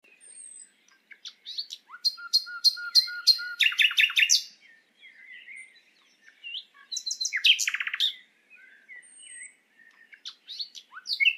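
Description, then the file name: Common nightingale song with varied phrases: a string of pure level whistles, rapid repeated notes, then a dry rattling burst and scattered soft chirps. "Luscinia megarhynchos"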